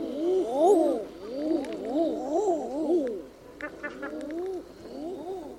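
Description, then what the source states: Chorus of common eiders, repeated soft arched coos rising and falling in waves, with scattered sharp higher notes in the background. Several common eiders in tundra habitat.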